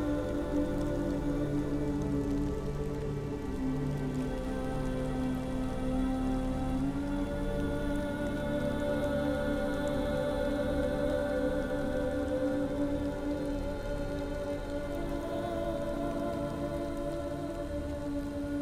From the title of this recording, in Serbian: Киша ноћна шума